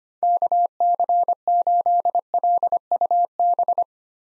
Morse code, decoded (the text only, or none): KC8LUB